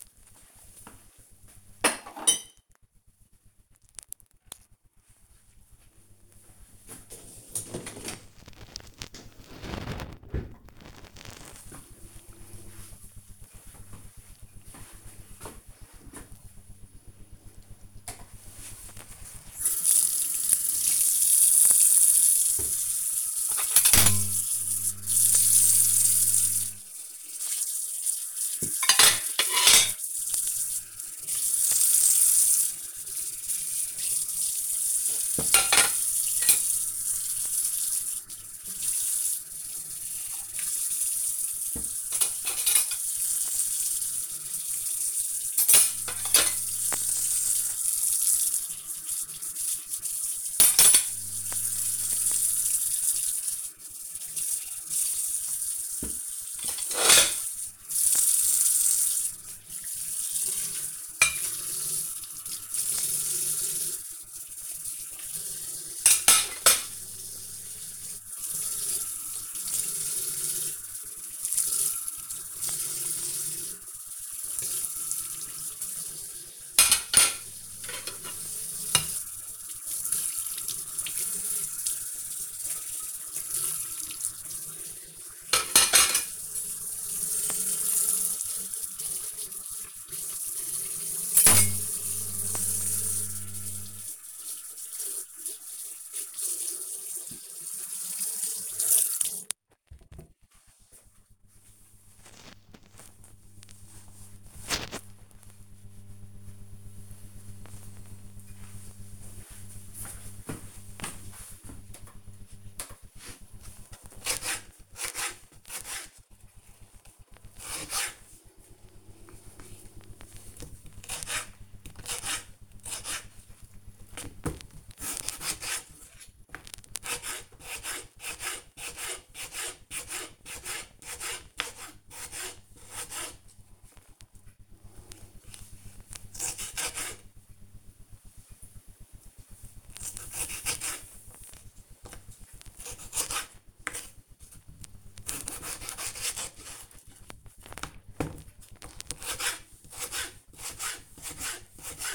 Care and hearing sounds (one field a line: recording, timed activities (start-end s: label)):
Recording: household activities, microphone on the right wrist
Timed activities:
0.00-9.83 s: cleaning out the dishwasher
17.87-99.45 s: washing dishes
112.55-152.15 s: cutting vegetables